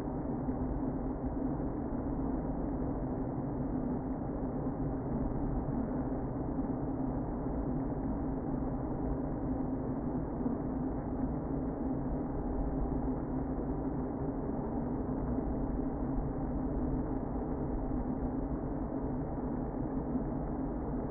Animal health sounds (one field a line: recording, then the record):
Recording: honeybee colony, microphone inside the hive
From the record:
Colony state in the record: queen present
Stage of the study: before two queens were removed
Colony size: about 60,000 bees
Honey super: yes